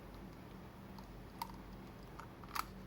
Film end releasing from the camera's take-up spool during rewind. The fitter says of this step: พอได้ยินเสียงคลิกอย่างเงี้ยแสดงว่าฟิล์มรถเรียบร้อยเราก็สามารถจะเอา